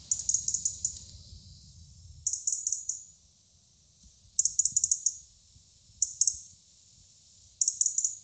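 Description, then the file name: European robin calls: short bursts of rapid, very high ticking notes in five bouts over about eight seconds, with a faint low rumble at the start. "Erithacus rubecula"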